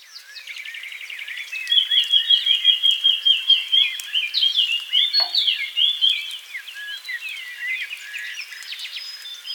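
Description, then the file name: Eurasian blackcap song: a loud run of rapid repeated notes, then scratchy warbling phrases. "Sylvia atricapilla"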